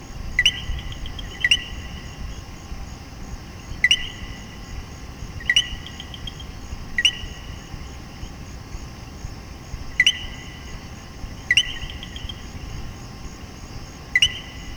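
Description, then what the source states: Common coquí repeating a bright two-note co-qui eight times at irregular gaps, some calls trailed by a faint quick trill, with a low rumbling hiss beneath. Puerto Rico.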